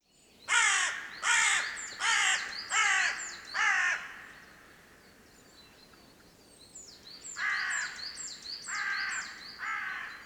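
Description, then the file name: Carrion crow giving a series of five harsh, hoarse caws about one per second, a pause, then three more caws while another bird chirps high and thin. "Corvus corone"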